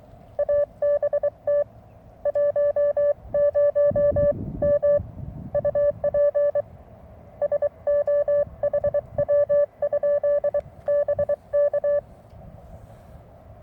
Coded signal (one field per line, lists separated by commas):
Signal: Morse code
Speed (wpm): 23 wpm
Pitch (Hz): 580 Hz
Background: none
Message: ABT 10M UP SO HW? BK